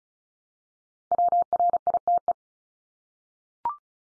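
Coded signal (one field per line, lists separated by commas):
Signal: Morse code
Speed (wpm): 34 wpm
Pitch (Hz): 700 Hz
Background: none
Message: WRITE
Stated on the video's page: Top 100 English words head-copy drill at 35wpm, each word sent three times, spoken, then sent again.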